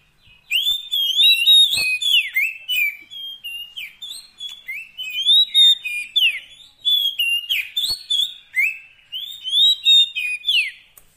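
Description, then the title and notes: Oriental magpie-robin in nearly continuous song, a fast stream of whistled slurs, chirps and trills with only brief pauses. Long-duration 'isian' fill-in song track, meant to make the kacer sing actively day and night. "Kacer Jadi Gacor Siang Malam. Isian Kacer Durasi Panjang"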